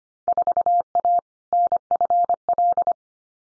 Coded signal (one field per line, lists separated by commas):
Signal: Morse code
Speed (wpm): 25 wpm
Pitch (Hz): 700 Hz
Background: none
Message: 4A NFL